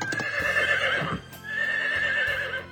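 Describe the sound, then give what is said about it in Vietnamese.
A horse whinnies in two long, shrill, wavering calls, one after the other, while a steady thud of galloping hooves runs underneath as Nhĩ Khang rides hunched on the horse toward Tử Vi. No one speaks. “Nhĩ Khang đang gò lưng trên ngựa tiến tới phía nàng.”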